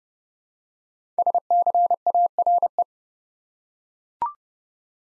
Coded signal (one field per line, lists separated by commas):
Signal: Morse code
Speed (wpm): 28 wpm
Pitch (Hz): 700 Hz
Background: none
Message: SCARE